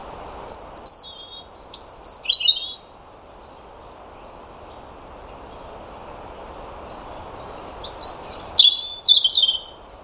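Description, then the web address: European robin song in two bursts: a rapid cascade of high, falling twittering notes, a pause of about five seconds, then another sparkling descending phrase. Faint background hum. "Deverinetal 2025 File origin Bird Only Er Ru"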